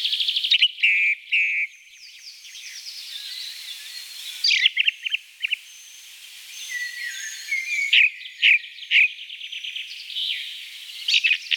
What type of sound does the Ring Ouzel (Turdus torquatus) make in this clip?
song